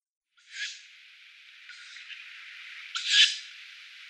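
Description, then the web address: Tawny owl chicks giving harsh, hissing wheezes, a short burst followed by a long drawn hiss and a louder rasping call near the end. Downy young tawny owls. "Schulze Peter Tawny Owl downy Young"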